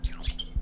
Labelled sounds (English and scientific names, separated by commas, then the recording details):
Stitchbird (Notiomystis cincta) song
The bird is a male
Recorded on Tiritiri Matangi Island, New Zealand, in 2005
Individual 17, of nest box 25